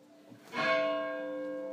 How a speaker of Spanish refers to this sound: ¿Por qué están tocando tanto las campanas? Ese, tengo como 4 WhatsApp. ¿Por qué suenan las campanas? ¿Por qué suenan las campanas? Por aniversario.